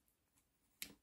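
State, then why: Released. The bit-holding collar of a cordless nail drill handpiece is twisted open so the sanding bit can be removed. A single small, sharp click sounds at 0.8 s, followed by a brief fading rustle against a quiet background. The collar is released open.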